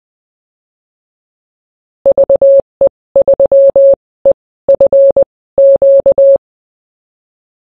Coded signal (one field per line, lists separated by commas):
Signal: Morse code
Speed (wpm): 20 wpm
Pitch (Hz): 550 Hz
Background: none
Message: VE3EFQ